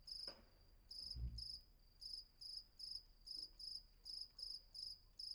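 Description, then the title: Cricket giving shrill, evenly spaced chirps under a continuous high hum, with a few soft low thumps early on. Night ambience with crickets at Vagia, Patmos, Greece; recorded with Fostex FR-2 and MKH800 microphone. "Patmos, Vagia, Griechenland - Nachtsimmung 03, Grillen"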